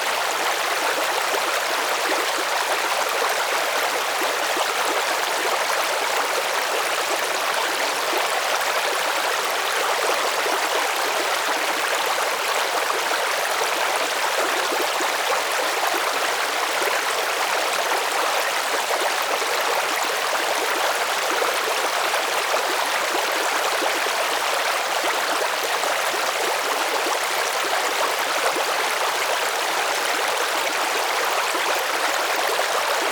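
A babbling brook rushes steadily and close by, its dense, even hiss of water holding at the same level for the whole stretch. The sound is bright and full, with little low rumble, and no other sounds break through the constant flow.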